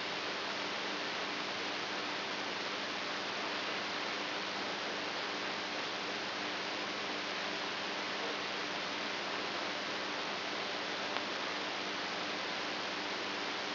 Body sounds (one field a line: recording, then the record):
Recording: brain microelectrode recording played as sound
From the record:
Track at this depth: inside the subthalamic nucleus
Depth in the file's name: 4.913 mm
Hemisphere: right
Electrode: 2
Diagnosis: Parkinson's disease